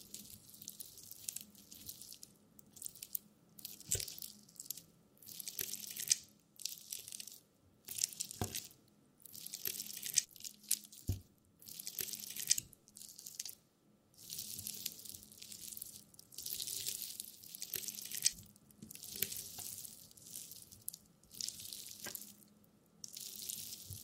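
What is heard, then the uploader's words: Jelly squelches and squishes in short, wet bursts, roughly one or two each second, with brief silent gaps between them. A few sharp taps stand out near 4, 8 and 11 seconds, and a faint low hum runs steadily underneath. ASMR Stress Relieving Jelly Sounds For Sleep.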